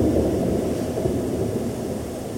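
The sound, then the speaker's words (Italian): Steady, dense rainfall with a deep rumbling wash underneath, continuous and fairly loud throughout with no voices. “Seguirono centinaia di cortei sotto la pioggia e chilometri consumati a cercare un nuovo posto di lavoro, sempre mentre pioveva, mentre gocciolava, mentre diluviava, pioveva sempre.”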